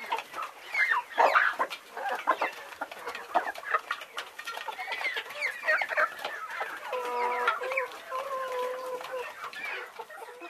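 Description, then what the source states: Chicken flock clucking constantly, a jumble of short notes with a few sustained nasal calls held for about a second. Laying hens.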